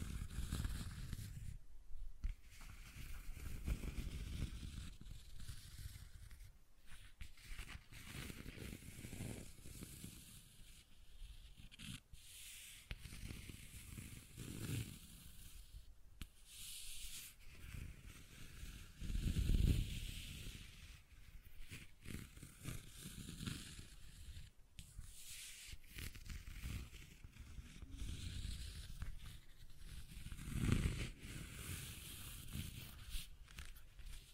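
Continuous scratching and rubbing strokes, rasping and bright, with irregular pauses and low thumps near 20 and 31 seconds.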